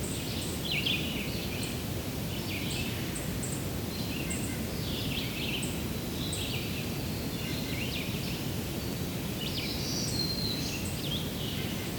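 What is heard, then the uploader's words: A winter wren sings in high, rapid bursts of thin trills and twittering notes. The bursts come repeatedly across the whole twelve seconds. A steady low rumble of background noise runs underneath at an even level throughout. The Hike Back, Part 2 (Winter Wren). Conclusion of the Hector Falls hike.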